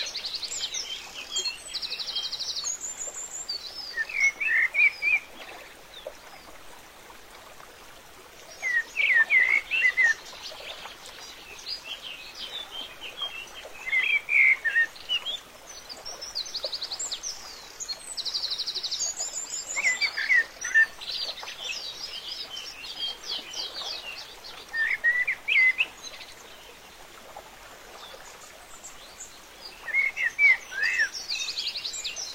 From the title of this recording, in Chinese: 家乡村边 小河流